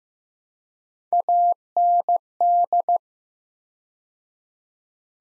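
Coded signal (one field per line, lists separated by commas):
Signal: Morse code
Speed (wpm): 15 wpm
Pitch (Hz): 700 Hz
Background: none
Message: AND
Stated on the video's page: Morse practice sets of five words at 15 wpm with 4x word spacing, similar to Farnsworth; each set is sent in Morse then spoken.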